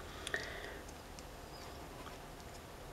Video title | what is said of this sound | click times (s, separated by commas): Transformers Titans Return Legends Class Wheelie Review | on a double hinge so you'll fold that down and it snaps right into place real good as well | 0.3 s